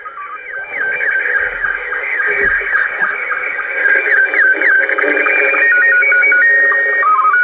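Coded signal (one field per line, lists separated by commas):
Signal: SSTV (slow-scan television)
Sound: warbling tone jumping between pitches through hiss, steady and continuous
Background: radio static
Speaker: so I've already coton most of one I missed the beginning of it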